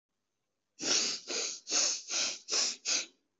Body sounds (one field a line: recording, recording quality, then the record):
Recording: shallow breathing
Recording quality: excellent, no background noise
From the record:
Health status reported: COVID-19 positive, mild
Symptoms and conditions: cough, cold, fever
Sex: male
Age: 24 years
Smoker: not ticked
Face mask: not worn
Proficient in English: no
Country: India